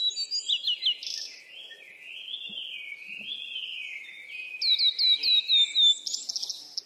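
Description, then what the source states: Birds chirping: quick series of high, down-slurred tweets, a longer warbling stretch in the middle, then another rapid run of bright repeated notes near the end. Birds at play.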